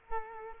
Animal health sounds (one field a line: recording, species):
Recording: mosquito wingbeat signal from an infrared sensor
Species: Culex quinquefasciatus